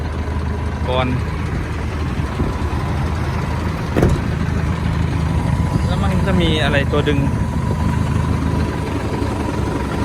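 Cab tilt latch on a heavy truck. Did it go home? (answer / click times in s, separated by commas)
no / none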